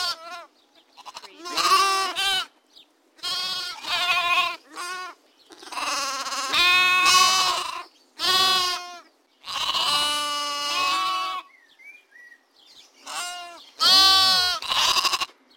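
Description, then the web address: Sheep: lambs bleating, wavering nasal bleats in bursts with short pauses between them. Lambs, more than one. "beanstalk-audio Lambs bleating"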